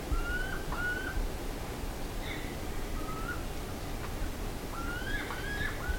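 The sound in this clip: Bird calls: a few scattered whistled notes with a downward hook, then a quick cluster of them near the end, over steady low background noise.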